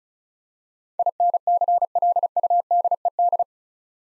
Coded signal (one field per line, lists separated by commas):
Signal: Morse code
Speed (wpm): 36 wpm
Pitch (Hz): 700 Hz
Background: none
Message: INCLUDED